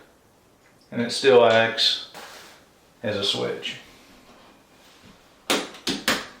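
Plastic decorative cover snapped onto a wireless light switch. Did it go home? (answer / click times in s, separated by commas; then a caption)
released / 5.9 s, 6.1 s. A snap-on decorative plastic cover is pulled off a Skylink wireless light switch, and it pops out of the wall plate with two sharp plastic clicks at 5.9 and 6.1 seconds. Before this, someone talks. The cover comes free.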